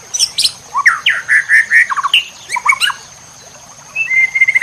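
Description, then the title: White-rumped shama delivering quick slurred whistles and sharp notes, ending in a fast trill-like series, with a thin steady hum throughout. Cage-bird training (masteran) recording in the labaik style. "MASTERAN MURAI BATU LABAIK"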